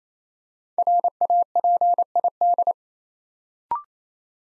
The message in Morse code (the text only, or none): RAPID